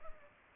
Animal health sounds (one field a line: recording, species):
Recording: mosquito wingbeat signal from an infrared sensor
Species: Culex pipiens